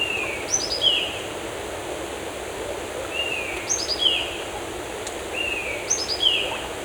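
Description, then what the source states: Bird song: a slurred descending whistle followed by a short cascade of falling notes, repeated three times over steady background hiss. In a forest.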